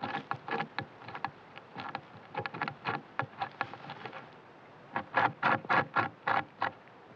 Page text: bobr evropsky pri nocni praci. Bobor vodný (Castor fiber)